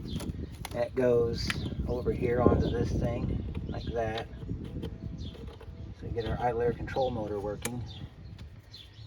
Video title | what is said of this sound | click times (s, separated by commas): Ford Duratec PCV Valve Replacement | that snaps back into that | 8.7 s